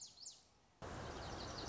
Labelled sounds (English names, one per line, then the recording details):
Lazuli Bunting
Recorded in Sonoma County, California